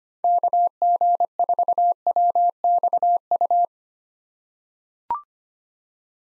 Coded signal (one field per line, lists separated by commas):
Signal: Morse code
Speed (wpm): 25 wpm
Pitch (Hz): 700 Hz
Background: none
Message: KG4WXU